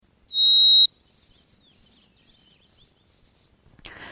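White-throated sparrow song: one long pure whistle, then a series of higher whistled notes, some broken into quick triplets.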